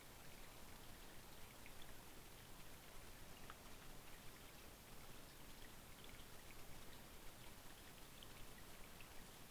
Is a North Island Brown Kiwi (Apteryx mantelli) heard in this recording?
no